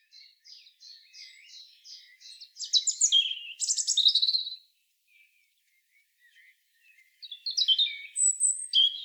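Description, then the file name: European robin song: a run of repeated high notes, loud scratchy bursts, a pause with faint thin notes, then another high, varied phrase. "Erithacus rubecula"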